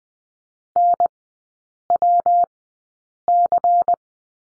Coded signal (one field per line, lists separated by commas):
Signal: Morse code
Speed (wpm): 20 wpm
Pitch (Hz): 700 Hz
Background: none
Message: NWC